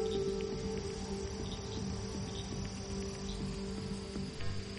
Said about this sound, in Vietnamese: Ở bên ngoài trời cũng đã dần tạnh mưa. Tiếng ếch nhái ẩn ương kêu lên làm tăng thêm sự buồn khổ cho một gia đình vừa mất đi người thân.